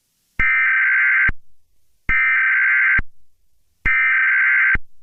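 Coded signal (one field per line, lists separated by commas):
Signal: Emergency Alert System (SAME) tones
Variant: header bursts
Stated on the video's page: Fictional EAS scenario.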